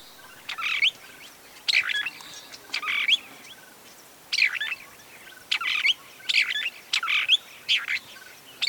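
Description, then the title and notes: Bird song in bursts of bright chirps and twittering phrases, separated by short pauses, with a faint background hiss. Chirping birdsong intended for training pet birds to sing. "Suara Kicauan Burung untuk memaster burung kesayangan"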